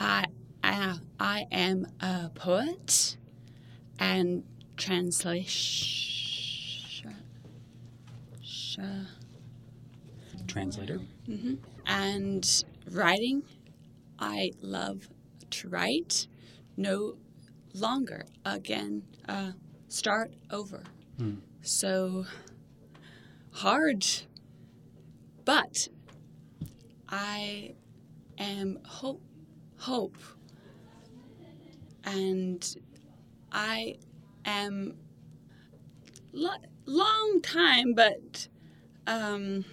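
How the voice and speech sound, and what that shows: Halting, fragmented, telegraphic speech from an adult woman, with long pauses, word repeats and restarts, fitting non-fluent aphasia after a stroke about 3 years ago. She struggles to say words and also has difficulty reading and writing.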